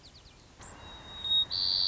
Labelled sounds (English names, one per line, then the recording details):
White-crowned Sparrow
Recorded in Sonoma County, California